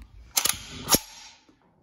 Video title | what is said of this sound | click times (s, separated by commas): Chinese SKS Disassembly and Clean | that was a big pop that was your recoil spring setting against the back of the receiver | 0.4 s